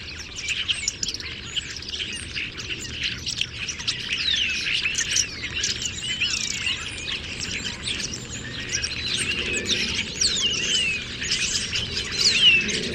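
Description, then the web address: Many birds chirping and twittering at once, a busy high chorus of quick notes and downslurred whistles that grows slightly louder toward the end. "Deverinetal 2025. Bird Only"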